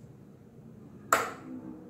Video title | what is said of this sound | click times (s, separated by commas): An amateur try using sewing machine for the first time. (JANOME 3522 First Impression) | Yep, until it clicks. | 1.1 s